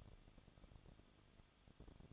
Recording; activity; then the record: daily activity, microphone in the room; no activity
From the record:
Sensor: 4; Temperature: 23.1 degrees Celsius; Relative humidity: 34.3%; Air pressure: 1007.2 hPa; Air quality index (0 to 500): 214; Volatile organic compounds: 15 ppm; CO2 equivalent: 2480 ppm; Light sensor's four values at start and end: 2/3/1/1 and 2/3/1/1